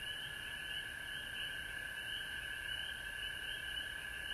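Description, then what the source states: Chorusing frogs producing a constant, even drone of shrill overlapping calls, unchanging from start to finish. Frogs recorded at home in Georgia on March 19, 2020.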